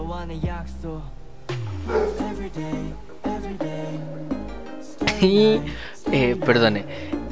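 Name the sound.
dog barking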